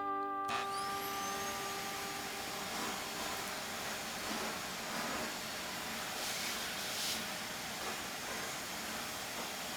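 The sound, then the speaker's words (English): A vacuum cleaner switches on abruptly and keeps running, a loud, steady whooshing roar with a thin high-pitched motor whine on top, and no voices. “But she keeps her chin up, she keeps a good attitude, she keeps a vacuum cleaner close at hand.”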